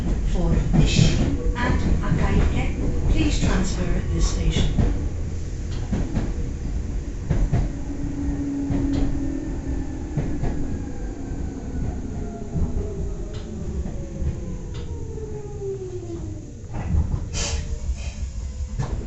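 A Meitetsu Toyota Line train runs with a dense, steady rumble of wheels and motor throughout. In the first five seconds, clattering and brief voices break through. From about seven seconds, a motor whine slides slowly downward as the train slows, then rises again near seventeen seconds.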